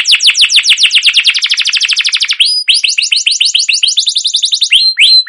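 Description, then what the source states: Canary song of quick downward-sweeping chirps running into a fast trill, then a brief pause and a series of rising whistled notes repeated rapidly. Canary song used as a lure (pancingan) to train other canaries to sing long, continuous song (gacor, ngerol); described as chirping 'cuit cuit'.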